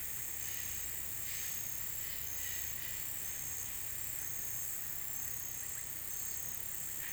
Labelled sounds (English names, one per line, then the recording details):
none
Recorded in pastures near Puerto Asís, Putumayo, Colombia, on 23 June 2025 at 16:30
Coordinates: 0.486, -76.323
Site H29